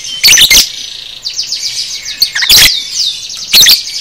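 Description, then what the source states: Lovebird twittering and squeaking continuously, broken by three loud, piercing shriek bursts. Masteran (tutor) recording for training cage birds, aimed at 'paud' lovebirds.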